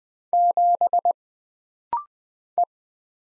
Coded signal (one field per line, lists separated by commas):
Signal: Morse code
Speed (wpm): 20 wpm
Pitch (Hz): 700 Hz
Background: none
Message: 7 E